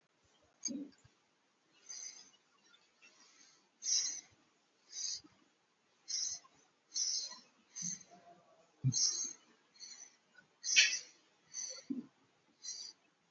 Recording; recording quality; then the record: shallow breathing; excellent, no background noise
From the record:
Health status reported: COVID-19 positive, mild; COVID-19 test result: positive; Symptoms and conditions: pneumonia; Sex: male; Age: 60 years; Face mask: worn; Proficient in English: yes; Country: India